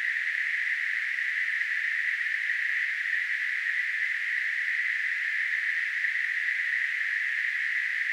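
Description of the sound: A steady, unbroken hiss sits in a narrow band around the upper-middle pitch range, with no pauses or changes in loudness for eight seconds. It is a simulated tinnitus sound that imitates the constant hissing noise a person with tinnitus hears.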